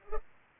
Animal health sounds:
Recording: mosquito wingbeat signal from an infrared sensor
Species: Culex pipiens

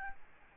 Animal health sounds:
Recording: mosquito wingbeat signal from an infrared sensor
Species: Aedes albopictus

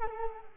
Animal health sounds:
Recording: mosquito wingbeat signal from an infrared sensor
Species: Culex quinquefasciatus

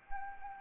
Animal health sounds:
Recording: mosquito wingbeat signal from an infrared sensor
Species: Anopheles arabiensis

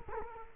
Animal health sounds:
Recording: mosquito wingbeat signal from an infrared sensor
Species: Culex quinquefasciatus

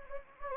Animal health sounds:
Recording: mosquito wingbeat signal from an infrared sensor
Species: Anopheles gambiae

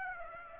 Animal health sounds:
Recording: mosquito wingbeat signal from an infrared sensor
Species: Aedes aegypti

